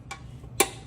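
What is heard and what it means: The bottom quarter-turn fastener of a Half Evil Customs side cover on a Kawasaki Z1R motorcycle is turned into the frame mount. A faint tick at 0.1 s is followed by a sharp, bright click at 0.6 s as the fastener locks in. The cover is confirmed seated.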